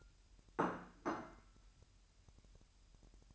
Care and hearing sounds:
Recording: daily activity, microphone in the room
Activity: place plate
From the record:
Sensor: 2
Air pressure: 1001.9 hPa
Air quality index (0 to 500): 247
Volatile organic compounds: 38 ppm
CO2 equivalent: 3123 ppm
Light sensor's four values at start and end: 8/28/11/10 and 8/28/11/10

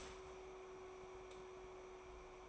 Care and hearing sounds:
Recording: daily activity, microphone in the room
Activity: start toaster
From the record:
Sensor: 1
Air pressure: 1014.7 hPa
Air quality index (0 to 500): 203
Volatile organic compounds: 36 ppm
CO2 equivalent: 3073 ppm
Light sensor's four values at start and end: 3/8/3/3 and 3/8/3/3

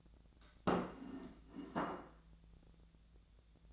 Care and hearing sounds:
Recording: daily activity, microphone in the room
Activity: place plate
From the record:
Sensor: 3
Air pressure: 1000.3 hPa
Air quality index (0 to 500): 140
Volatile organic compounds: 2 ppm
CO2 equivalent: 1244 ppm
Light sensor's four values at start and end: 35/87/37/40 and 35/86/37/40

